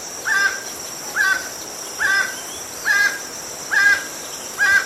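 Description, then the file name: Emerald toucanet calling with rough, rhythmic croaks at regular intervals, backed by a high, steady hum of insects. "Canto do tucaninho verde"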